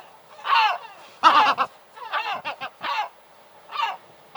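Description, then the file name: Gull squawks, loud harsh rasping cries and short clipped notes in an irregular series. "CHajka morskaja"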